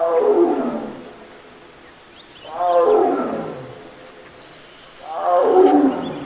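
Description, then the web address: Tiger roaring: three deep, rough, drawn-out roars, each swelling and fading, spaced roughly two and a half seconds apart. "photographer captures plight of the tiger"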